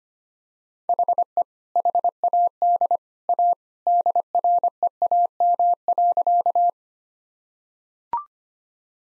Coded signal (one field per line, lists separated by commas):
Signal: Morse code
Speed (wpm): 25 wpm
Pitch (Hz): 700 Hz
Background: none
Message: HE HAD A DREAM.